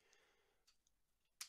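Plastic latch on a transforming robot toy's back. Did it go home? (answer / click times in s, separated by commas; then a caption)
yes / 1.4 s. A plastic latch on the back of a transforming robot action figure is pushed closed after its pegs are lined up during the transformation. Over a quiet background with faint small ticks, it gives a single sharp, bright click at 1.4 s, and the latch is seated shut.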